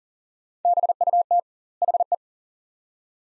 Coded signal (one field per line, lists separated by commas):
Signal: Morse code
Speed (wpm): 40 wpm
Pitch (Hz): 700 Hz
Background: none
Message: BUT HE